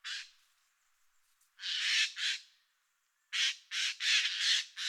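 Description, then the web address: Eurasian jay producing loud, grating screeches in close succession, some drawn out and hoarse, with a brief pause before a final dense run of rasping calls. Recorded 30 September 2022. "2022 09 30-vlaamse gaai"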